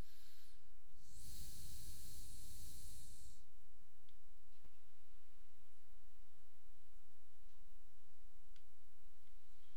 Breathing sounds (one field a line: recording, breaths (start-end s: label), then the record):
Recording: nose breathing near a microphone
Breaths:
0.00-0.78 s: inhalation
0.78-3.98 s: exhalation
9.28-9.77 s: inhalation
From the record:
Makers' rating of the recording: medium